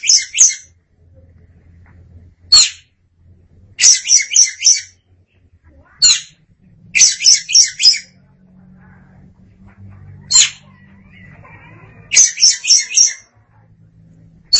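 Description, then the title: Oriental magpie-robin giving harsh high notes and fast stuttering runs of about four notes, irregularly spaced. Kacer song. "Suara Kicauan Burung Kacer Durasi Panjang"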